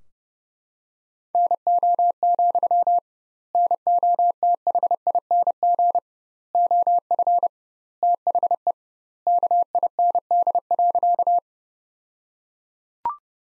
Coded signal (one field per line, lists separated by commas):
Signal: Morse code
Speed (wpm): 32 wpm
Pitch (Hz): 700 Hz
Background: none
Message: NO, NOTHING OF THE KIND.